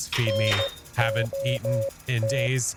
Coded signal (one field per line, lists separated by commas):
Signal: Morse code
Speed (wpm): 15 wpm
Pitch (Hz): 550 Hz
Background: speech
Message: NOT